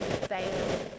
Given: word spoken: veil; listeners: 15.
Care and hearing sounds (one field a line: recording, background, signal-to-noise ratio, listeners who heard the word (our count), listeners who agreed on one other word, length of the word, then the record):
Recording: one English word in noise, from a listening test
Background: noise modulated by three-talker babble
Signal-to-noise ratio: -3.9 dB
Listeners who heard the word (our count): 0 of 15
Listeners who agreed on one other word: 9 of 15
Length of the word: 0.59 s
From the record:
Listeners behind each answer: 9, 2, 1, 1, 1, 1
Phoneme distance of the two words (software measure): 10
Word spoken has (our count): 1 syllable, 3 phonemes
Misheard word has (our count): 1 syllable, 3 phonemes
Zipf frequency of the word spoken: 3.50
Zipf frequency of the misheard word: 4.33